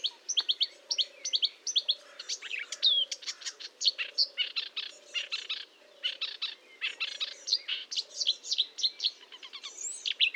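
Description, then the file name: Marsh warbler song: a fast continuous medley of varied chirps, trills and whistled notes, sung steadily throughout. Recorded at Fontaine-Française (Fourneau), France, on 1 June 2022 at 10:55, using a Nagra recorder with a Telinga parabolic microphone. "Rousserolle verderolle 1055 Fontaine-Francaise-Fourneau"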